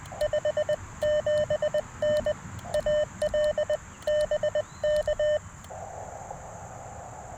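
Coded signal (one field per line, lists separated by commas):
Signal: Morse code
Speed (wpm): 20 wpm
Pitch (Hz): 600 Hz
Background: none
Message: 57N AL BK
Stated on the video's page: QRP CW Parks on the Air activation with a Xiegu G106, Modern Morse paddles and Chelegance JPC-12 antenna.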